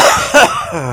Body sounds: coughing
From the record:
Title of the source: Heavy cold and sore throat coughing.

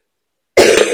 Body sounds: coughing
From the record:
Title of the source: 60 coughing still (deep and wet cough)

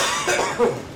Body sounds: coughing mixed with background sound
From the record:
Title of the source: Spring Cold Coughing 2

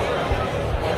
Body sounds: background sound without coughing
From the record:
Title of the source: CITY SOUNDS Busy Bar in the Evening Night - 2 HOURS of Ambiance for Relaxation

